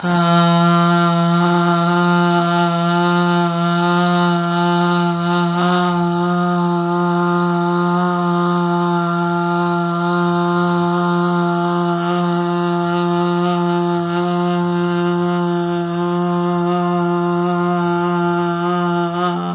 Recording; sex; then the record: sustained vowel /a/; female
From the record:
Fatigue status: no fatigue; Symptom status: symptomatic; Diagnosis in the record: COVID-19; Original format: 3gp